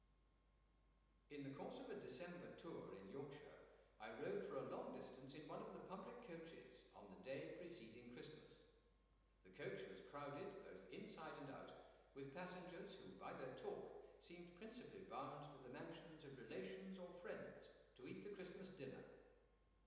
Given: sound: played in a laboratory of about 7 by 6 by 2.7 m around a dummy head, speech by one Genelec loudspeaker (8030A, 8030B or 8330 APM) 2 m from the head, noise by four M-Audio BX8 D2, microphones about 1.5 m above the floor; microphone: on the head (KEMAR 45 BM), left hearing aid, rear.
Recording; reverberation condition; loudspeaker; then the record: male speech in English; high; 120 degrees to the left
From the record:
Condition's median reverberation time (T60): about 1300 ms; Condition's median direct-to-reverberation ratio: about -4.0 dB